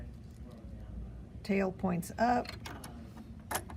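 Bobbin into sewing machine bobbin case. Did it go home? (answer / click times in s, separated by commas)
yes / 3.7 s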